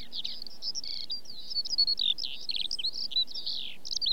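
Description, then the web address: Eurasian skylark song: a fast, jumbled run of bright chirps, slurred whistles and buzzy trills tumbling together without a break. British bird. "The BBC Sound Effects Library. Skylark"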